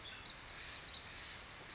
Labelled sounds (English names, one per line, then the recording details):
Bewick's Wren
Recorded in Sonoma County, California